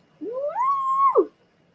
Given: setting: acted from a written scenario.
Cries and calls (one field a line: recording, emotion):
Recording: vocal sound without words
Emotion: elation